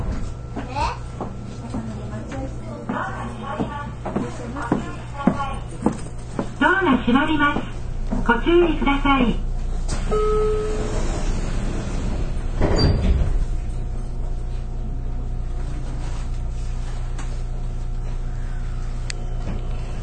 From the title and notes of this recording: JR九州 813系 中津から西小倉まで. 813系電車の走行音. 日豊線の普通列車で収録しました。 ワンマン運行です。 It was recorded with Nippou line's local train.